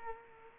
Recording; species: mosquito wingbeat signal from an infrared sensor; Culex quinquefasciatus